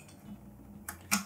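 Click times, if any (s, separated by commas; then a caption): 0.9 s. The metal spool pin in the film chamber of a 1960s Yashica Mat twin-lens reflex camera is pulled out while loading the camera. A sharp click at 0.9 s marks the pin locking into its pulled-out position, and a second, louder click follows around 1.1 s over quiet background.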